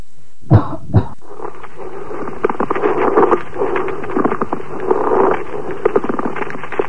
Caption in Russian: Шум трения плевры представляет собой прерывистый звук непостоянной интенсивности. Он выслушивается в обе фазы дыхания, изменяется при надавливании фонендоскопом на грудную клетку, а при покашливании не изменяется. Теперь после покашливания.